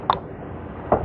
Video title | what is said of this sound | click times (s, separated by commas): Unboxing the H&k mp5 semi auto | till it clicks | 0.1 s